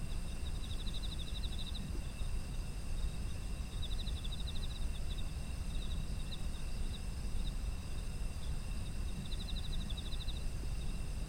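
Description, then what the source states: Buzzy pulsed insect trills sound in several bursts, with shrill continuous insect tones and steady low rumbling throughout. Autumn insect ambience.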